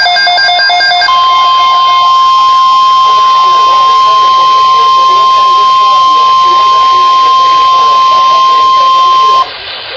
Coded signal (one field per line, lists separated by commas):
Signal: Emergency Alert System (SAME) tones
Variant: 1050 Hz attention tone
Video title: EAS Alert #72 - Severe Thunderstorm Watch #2 6/21/13